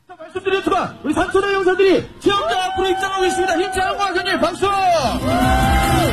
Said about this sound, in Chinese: 挑战者不惧寒冷，他们兴高采烈，高声欢呼。